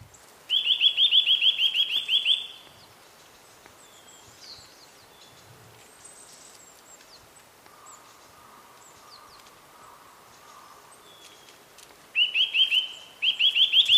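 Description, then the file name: Eurasian nuthatch delivering a quick run of bright notes, then a long quiet stretch with faint background sounds before two more bursts. "Sitta europaea"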